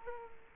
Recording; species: mosquito wingbeat signal from an infrared sensor; Culex quinquefasciatus